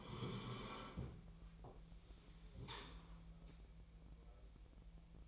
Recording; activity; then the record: daily activity, microphone in the room; sit down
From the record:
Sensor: 1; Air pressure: 1001.6 hPa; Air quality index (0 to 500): 248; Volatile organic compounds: 121 ppm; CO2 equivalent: 3881 ppm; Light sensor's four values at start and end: 17/40/17/20 and 15/36/15/17